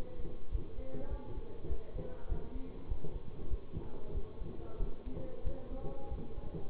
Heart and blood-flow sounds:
heart sounds by stethoscope; between the tricuspid and mitral areas; 97 bpm
0.49 s: heartbeat
1.07 s: heartbeat
1.66 s: heartbeat
2.26 s: heartbeat
2.86 s: heartbeat
3.48 s: heartbeat
4.11 s: heartbeat
4.77 s: heartbeat
5.42 s: heartbeat
6.08 s: heartbeat
From the record:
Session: bicycle stress test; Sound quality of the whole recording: good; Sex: male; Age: 24 years

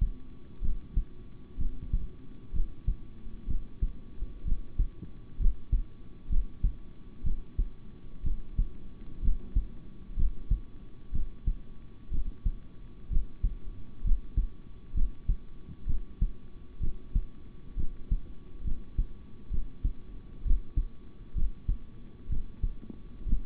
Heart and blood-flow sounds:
heart sounds by stethoscope; between the tricuspid and mitral areas; 64 bpm
0.61 s: heartbeat
1.57 s: heartbeat
2.52 s: heartbeat
3.47 s: heartbeat
4.44 s: heartbeat
5.38 s: heartbeat
6.29 s: heartbeat
7.23 s: heartbeat
8.23 s: heartbeat
9.21 s: heartbeat
10.16 s: heartbeat
11.12 s: heartbeat
12.10 s: heartbeat
13.09 s: heartbeat
14.03 s: heartbeat
14.94 s: heartbeat
15.86 s: heartbeat
16.80 s: heartbeat
17.76 s: heartbeat
18.63 s: heartbeat
19.50 s: heartbeat
20.44 s: heartbeat
21.34 s: heartbeat
22.29 s: heartbeat
23.25 s: heartbeat
From the record:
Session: rest, sitting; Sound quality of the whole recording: good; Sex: male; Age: 26 years

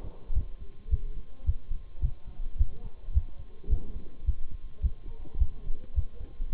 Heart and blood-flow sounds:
heart sounds by stethoscope; between the tricuspid and mitral areas; 107 bpm
0.34 s: heartbeat
0.91 s: heartbeat
1.46 s: heartbeat
2.02 s: heartbeat
2.58 s: heartbeat
3.14 s: heartbeat
3.70 s: heartbeat
4.26 s: heartbeat
4.82 s: heartbeat
5.39 s: heartbeat
5.95 s: heartbeat
6.52 s: heartbeat
From the record:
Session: Bruce protocol treadmill stress test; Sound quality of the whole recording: partially saturated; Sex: male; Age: 23 years

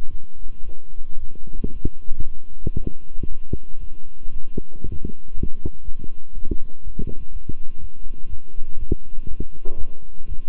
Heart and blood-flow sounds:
heart sounds by stethoscope; between the tricuspid and mitral areas; 118 bpm
0.09 s: heartbeat
0.63 s: heartbeat
1.17 s: heartbeat
1.71 s: heartbeat
2.23 s: heartbeat
2.76 s: heartbeat
3.27 s: heartbeat
3.79 s: heartbeat
4.30 s: heartbeat
4.82 s: heartbeat
5.33 s: heartbeat
5.83 s: heartbeat
6.33 s: heartbeat
6.82 s: heartbeat
7.31 s: heartbeat
7.79 s: heartbeat
8.28 s: heartbeat
8.77 s: heartbeat
9.26 s: heartbeat
9.76 s: heartbeat
10.28 s: heartbeat
From the record:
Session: walking at 3.7 km/h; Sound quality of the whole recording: good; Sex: male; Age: 26 years

